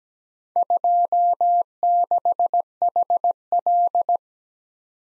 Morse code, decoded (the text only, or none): 26HL